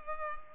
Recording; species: mosquito wingbeat signal from an infrared sensor; Culex pipiens